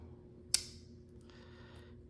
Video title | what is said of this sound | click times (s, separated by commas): Memorial Day EDC - May 26, 2025 | and you could hear it snap. | 0.5 s